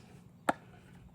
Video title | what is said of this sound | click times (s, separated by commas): STOP Paying for Oil Changes! Jeep Wrangler & Gladiator 3.6L Oil Change DIY | it goes right in that hole here, clicks into place, and you're good to go. | 0.5 s